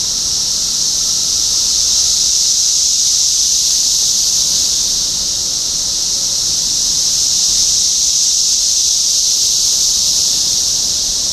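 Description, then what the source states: Cicadas droning together, an intense, steady high buzz that never stops. Several cicadas recorded in Topeka, Kansas, on 14 June 2015.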